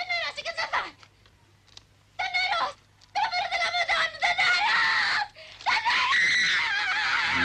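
In a scene from a Lina Wertmüller film, a woman screams nonstop, over and over in loud, shrill, wavering bursts, each cry stretching out before brief breaths of quiet, the wailing growing more intense toward the end.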